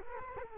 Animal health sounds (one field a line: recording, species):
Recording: mosquito wingbeat signal from an infrared sensor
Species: Culex quinquefasciatus